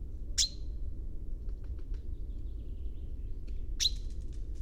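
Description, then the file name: Common chaffinch giving two short, sharp high call notes about three and a half seconds apart, over a steady low rumble and faint ticking. "Fringilla coelebs"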